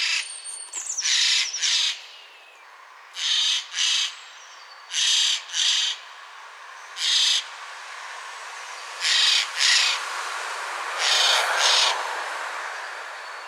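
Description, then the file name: Eurasian jay rasping screech calls, mostly in pairs repeated every couple of seconds, over steady background hiss and a brief whistle at the start. "Garrulus glandarius"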